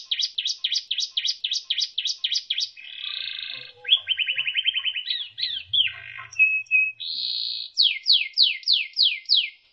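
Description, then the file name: Canary song with varied phrases: rapid repeated chirps, a buzzy trill, a fast rattling series, short whistles, then a steady tone and descending sweeps. Canary song used for training (isian) other birds. "suara kenari isian omkicau"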